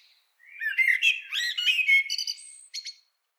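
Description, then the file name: Eurasian blackbird song phrase, a rich fluty warble that rises into a scratchy, high-pitched twitter and ends with a couple of thin squeaks. "Turdus merula"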